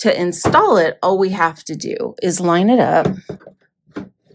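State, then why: Seated. An embroidery unit is lined up and pushed onto the body of a Brother PE570 embroidery machine while someone talks. A short, sharp click at 4.0 s marks the unit latching, and it is seated in place.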